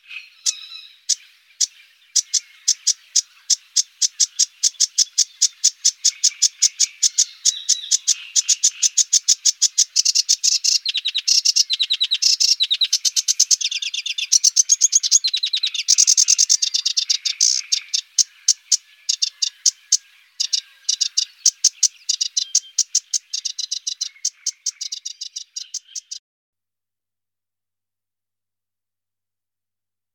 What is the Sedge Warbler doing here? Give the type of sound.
song